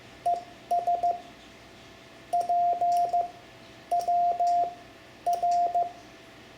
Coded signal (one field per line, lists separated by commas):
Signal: Morse code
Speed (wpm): 15 wpm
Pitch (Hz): 700 Hz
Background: none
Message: ES PWR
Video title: Learning CW for Ham Radio (Lesson 10) Morse Code punctuation, Amateur Radio